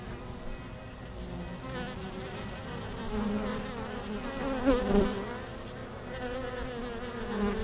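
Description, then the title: Honey bees buzzing steadily in a dense humming drone, louder around the middle. Many bees returning to their hives after the sun left the hives, early October, Langel, Köln, Germany; many with white backs from Impatiens glandulifera flowers. "Langel, Köln, Deutschland - Bienen Anfang Oktober. Bees at the beginning of October"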